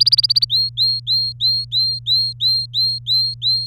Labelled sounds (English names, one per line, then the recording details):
Domestic Canary song
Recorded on 24 April 2018 at 10:54
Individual llb3